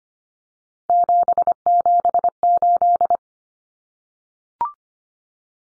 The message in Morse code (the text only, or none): 778